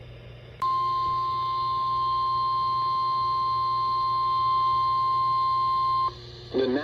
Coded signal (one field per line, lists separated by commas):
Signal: Emergency Alert System (SAME) tones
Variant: 1050 Hz attention tone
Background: speech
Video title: Day And Night - EAS Alerts from 8/29/24 || EAS 1,440-1,448